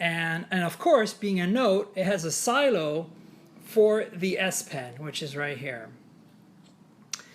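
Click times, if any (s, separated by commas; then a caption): 7.1 s. Someone talks for about six seconds, then after a quiet pause a single sharp click sounds at 7.1 s. The click is the plastic S Pen stylus being pressed in its silo in a Note smartphone, so it clicks and pops out, releasing it.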